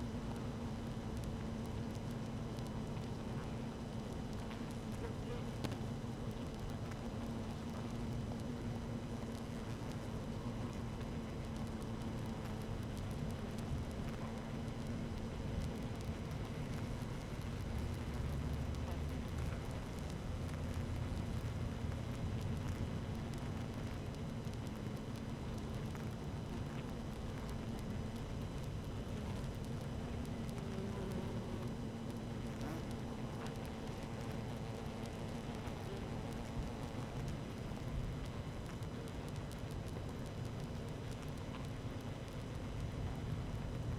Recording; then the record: honeybee colony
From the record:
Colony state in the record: active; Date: 12 June 2018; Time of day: 13:35